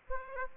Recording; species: mosquito wingbeat signal from an infrared sensor; Aedes aegypti